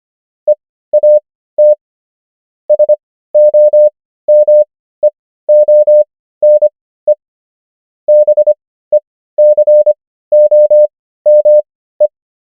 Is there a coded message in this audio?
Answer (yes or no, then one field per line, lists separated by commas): yes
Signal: Morse code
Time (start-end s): 0.5-12.1 s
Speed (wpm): 25 wpm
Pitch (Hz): 600 Hz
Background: none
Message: EAT SOMEONE BECOME